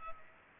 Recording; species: mosquito wingbeat signal from an infrared sensor; Culex pipiens